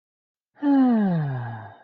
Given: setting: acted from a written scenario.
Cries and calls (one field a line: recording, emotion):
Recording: vocal sound without words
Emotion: contentment